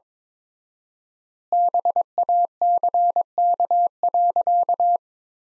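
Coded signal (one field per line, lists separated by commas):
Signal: Morse code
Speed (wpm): 22 wpm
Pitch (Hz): 700 Hz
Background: none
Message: BACK.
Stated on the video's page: Morse practice sentences from the top 300 words at 22 wpm with 4x word spacing, a Farnsworth-like method applied to words.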